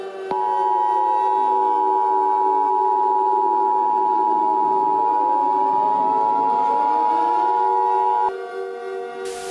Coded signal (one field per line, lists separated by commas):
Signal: Emergency Alert System (SAME) tones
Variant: 853 and 960 Hz attention tone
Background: music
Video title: EAS Scenario #18: Corrosiva: The Blue-Green Goo